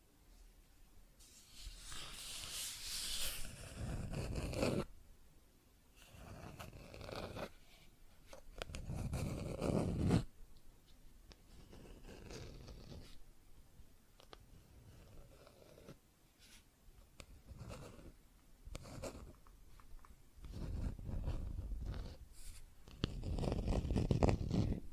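Plastic objects are scratched and tapped in irregular bursts, with rough, hissing scrapes that swell and fade every few seconds. Louder stretches come around 2–5, 8–10 and 20–25 seconds, broken by short quiet gaps and scattered small clicks.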